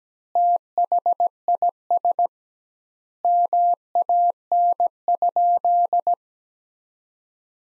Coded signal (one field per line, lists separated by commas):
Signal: Morse code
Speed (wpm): 17 wpm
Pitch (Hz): 700 Hz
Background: none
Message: THIS MAN?